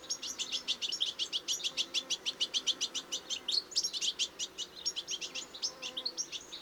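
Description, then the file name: European goldfinch calls in a fast, even series of bright, high twittering notes, running almost without pause. "Carduelis carduelis"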